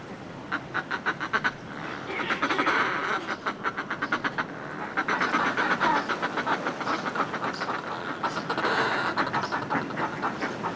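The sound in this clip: Northern fulmar giving fast, throaty cackling bursts that swell and fade in several runs, with a constant hiss behind.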